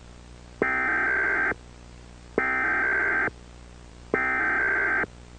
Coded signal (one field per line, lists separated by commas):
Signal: Emergency Alert System (SAME) tones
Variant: header bursts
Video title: (EAS Mock) Texas RMT but on an EASyPLUS